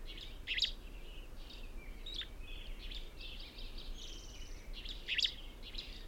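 Birds sing in a busy mix of high chirps, trills and whistles, with a few louder sharp notes, over steady low background noise.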